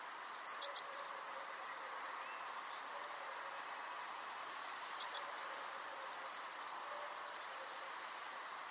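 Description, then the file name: Great tit calling repeatedly, five high phrases each starting with a falling whistle and ending in quick sharp notes, separated by short pauses. "Parus major"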